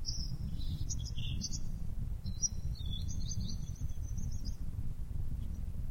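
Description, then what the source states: Bird song, high twittering phrases early on, then a thin trilled run of high notes in the middle, over a constant low rumble. Masteran (tutor song for training birds).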